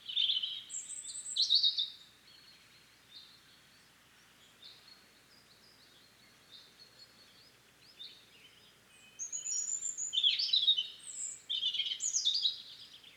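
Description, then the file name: European robin singing tumbling, high-pitched phrases of whistles and trills at the start and end, with softer, sparse notes in the quieter middle stretch. "Erithacus rubecula"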